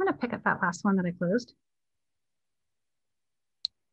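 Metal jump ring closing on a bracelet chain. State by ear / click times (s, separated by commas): seated / 3.6 s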